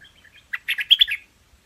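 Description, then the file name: Hoanh Hoach bird song as a brief phrase of soft chirps followed by a fast burst of squeaky, chattering notes lasting under a second. "Tieng chim Hoanh Hoach Thom hot"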